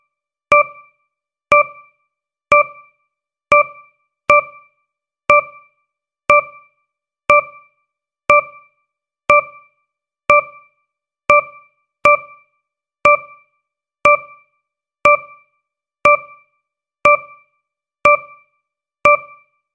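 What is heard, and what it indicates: Steady, evenly spaced electronic beeps at about 60 per minute, sounded by a mechanical ventilator.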